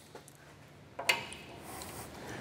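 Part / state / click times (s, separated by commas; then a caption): grease gun coupler onto a grease fitting / seated / 1.1 s. A Lock and Lube locking grease gun coupler, its jaws opened with the trigger, is pushed onto a metal grease fitting on a tractor. After a faint tick at 0.3 s and a soft contact at 1.0 s, its jaws clamp on with a sharp click at 1.1 s, followed by a light rattle at 1.3 s. The coupler is locked onto the fitting and stays on without coming off.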